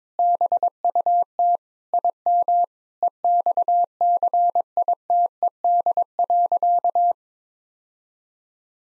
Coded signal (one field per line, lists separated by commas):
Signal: Morse code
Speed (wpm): 22 wpm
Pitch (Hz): 700 Hz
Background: none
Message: BUT IM EXCITED.